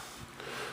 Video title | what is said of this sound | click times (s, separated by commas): whats up in da shop? | pops right into place. | 0.4 s